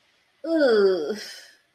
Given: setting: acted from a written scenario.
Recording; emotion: vocal sound without words; disgust